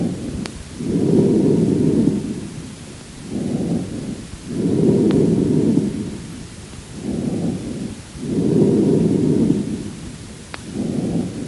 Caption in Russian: Амфорическое дыхание. У некоторых больных при наличии в ткани легкого крупной полости, сообщающейся с бронхом, может быть выслушан особый вариант бронхиального дыхания – амфорическое дыхание. Оно напоминает звук, получаемый при вдувании воздуха в узкое горлышко пустого сосуда. Амфорическое дыхание, записанное у больного с крупным абсцессом левого легкого.